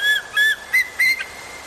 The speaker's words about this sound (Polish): Słyszysz? To stuletnie jodły i buki Karpat. To orzeł.